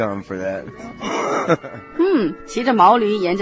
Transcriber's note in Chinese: laughter